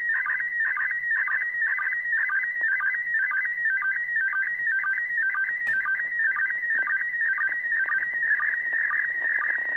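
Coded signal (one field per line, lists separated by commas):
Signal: SSTV (slow-scan television)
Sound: steady warbling high tone with rapid regular clicks, like a scanning image transmission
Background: radio static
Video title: ISS SSTV 20 Years ARISS Part 6! 27.12.2020!🎅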